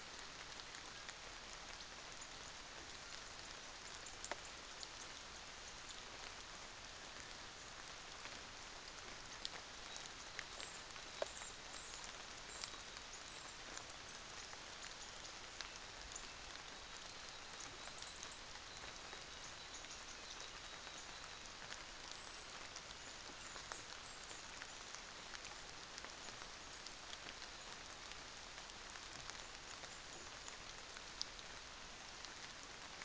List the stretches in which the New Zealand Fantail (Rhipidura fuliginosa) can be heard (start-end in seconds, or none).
10.36-13.65